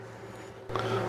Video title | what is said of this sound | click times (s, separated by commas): Ortur Laser Master H10 Detailed Assembly | and you want to go in till it locks in place | 0.8 s